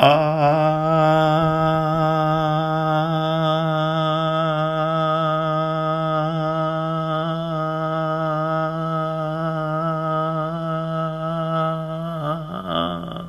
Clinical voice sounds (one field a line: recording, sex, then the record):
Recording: sustained vowel /a/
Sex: male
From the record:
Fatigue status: no fatigue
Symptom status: symptomatic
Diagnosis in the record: COVID-19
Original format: m4a